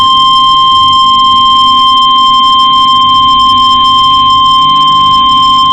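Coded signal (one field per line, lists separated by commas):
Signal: Emergency Alert System (SAME) tones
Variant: 1050 Hz attention tone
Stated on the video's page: Shelter in place warnings on NOAA Weather Radio, an update alert and an all-clear, issued by state emergency management and relayed by the National Weather Service.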